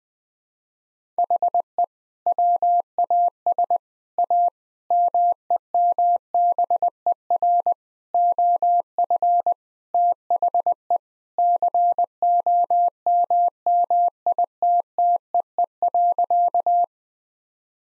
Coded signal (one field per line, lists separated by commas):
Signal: Morse code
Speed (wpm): 20 wpm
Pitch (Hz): 700 Hz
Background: none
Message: HE WAS A MEMBER OF THE COMMITTEE.